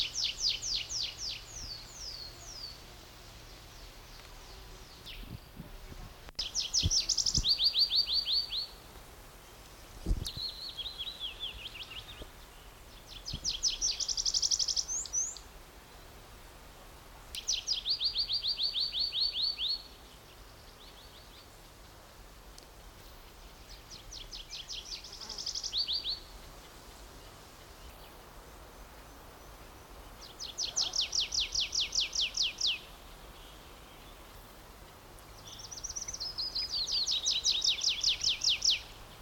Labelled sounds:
Tree Pipit
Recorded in the wild
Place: Mühlenbecker Wald, Brandenburg, DE
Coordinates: 52.69, 13.37
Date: 1992-06-27 12:59
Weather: sonnig, 22-26°C
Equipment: Marantz CP 430, Sennheiser ME 80, Kopie Tesla B 116
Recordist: Tembrock, Günter

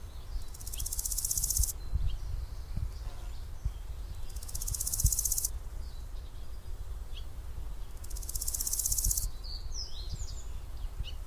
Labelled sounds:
Large Gold Grasshopper stridulation
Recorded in the wild
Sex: male
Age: imago
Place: Mühlenbecker Teiche, Tegeler Fließ, Berlin, DE
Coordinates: 52.6453, 13.3953
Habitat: meadow
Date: 1991-07-06
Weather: Lufttemperatur 30,5°C in der Sonne
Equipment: Uher 4000 Report Monitor ME 80, K 30 AV, Original
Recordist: Frommolt, Karl-Heinz

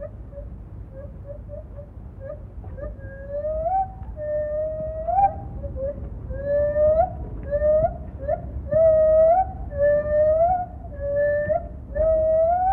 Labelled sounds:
Lar Gibbon
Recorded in captivity
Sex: female
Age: adult
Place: Tierpark Berlin, Berlin, DE
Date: 1967-11-21
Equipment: Kopie Smaragd
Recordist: Tembrock, Günter
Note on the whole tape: Rufe des Weibchens

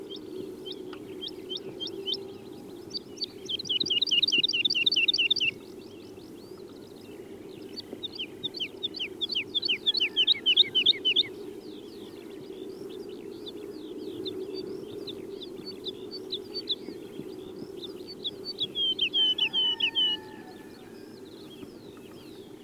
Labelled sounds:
Wood Lark call
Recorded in the wild
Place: Carpin, Mecklenburg-Vorpommern, DE
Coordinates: 53.359, 13.245
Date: 1980-04-13
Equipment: Nagra III BH, Sennheiser MD 21, parabola
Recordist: Schubert, Michael

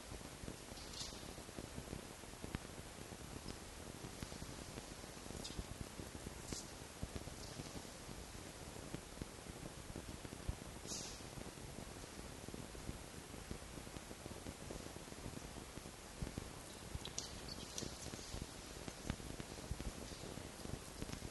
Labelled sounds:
Red Fox
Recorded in captivity
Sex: group
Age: diverse
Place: Zoologisches Institut der HUB, Berlin, DE
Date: 1955-04-22 12:45
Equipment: Elmetra
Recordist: Tembrock, Günter
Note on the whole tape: Jupp (zu Zenzi ins Mittelzimmer gelassen): Jupp LMf(o) vor dem Mikrofon beim Anblick eines Welpen; Zenzi trägt Welpen fort: Quärren

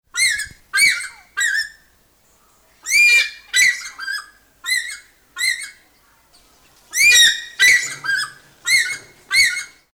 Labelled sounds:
African Fish-eagle
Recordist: Tembrock, Günter
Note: Rufreihen

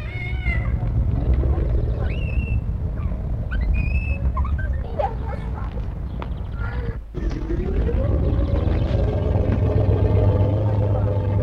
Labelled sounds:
Asian Elephant
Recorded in captivity
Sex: male
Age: adult
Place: Zoo Berlin, Berlin, DE
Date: 1961-02-25 13:30
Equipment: Minifon, Kopie Smaragd
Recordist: Tembrock, Günter
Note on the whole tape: Bulle: Trompeten, Abstand ca. 8 bis 10 m

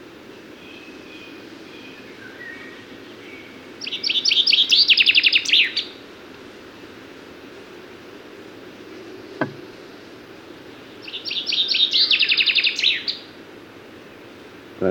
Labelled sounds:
Common Chaffinch song
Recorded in the wild
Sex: Männlich
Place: Babadag, Dobrogea, RO
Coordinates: 44.695, 28.434
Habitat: Forest
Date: 1976-06-01 11:40
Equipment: Nagra III BH, Sennheiser MD 21, parabola
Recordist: Schubert, Michael

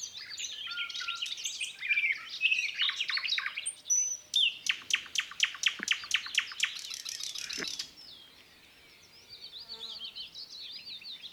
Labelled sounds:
Thrush Nightingale song
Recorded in the wild
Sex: male
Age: adult
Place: Zagórów, Nadwarcianski Park Krajobrazowy, Greater Poland Voivodeship, PL
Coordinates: 52.1815, 17.9259
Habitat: deciduous forest edge
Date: 2017-05-15 08:20
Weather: light cloud, light breeze
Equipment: Marantz PMD660 recorder, Sennheiser ME67 directional microphone
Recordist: Souriau, Abel

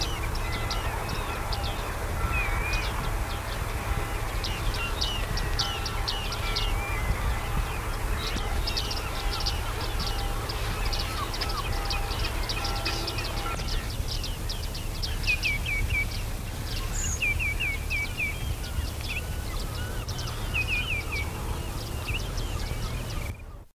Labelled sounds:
Bearded Reedling call
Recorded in the wild
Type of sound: call
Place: Norderney, Niedersachsen, DE
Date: 1973-10-06
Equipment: Halbspur, 9,5 cm/s
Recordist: Lütgens, Hans
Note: Rufe

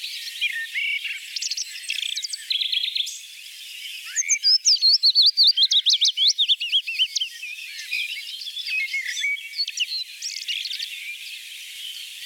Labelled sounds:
Willow Warbler song
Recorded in the wild
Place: Merdingen bis Ihringen / Kaiserstuhl, Baden-Württemberg, DE
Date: 1980-05-18
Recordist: Schwarz, Dieter
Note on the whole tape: Song

